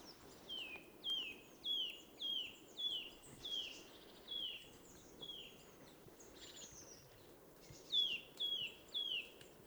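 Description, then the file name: Eurasian nuthatch giving a series of sharp, downward-slurred whistled notes, then a pause and a few more, with faint other birds behind. "Sitta europaea"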